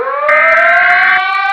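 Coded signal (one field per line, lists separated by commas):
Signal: Emergency Alert System (SAME) tones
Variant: header bursts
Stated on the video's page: Mock alert, not a real activation.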